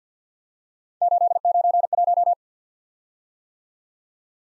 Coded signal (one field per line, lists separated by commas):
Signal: Morse code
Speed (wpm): 48 wpm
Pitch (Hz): 700 Hz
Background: none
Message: 891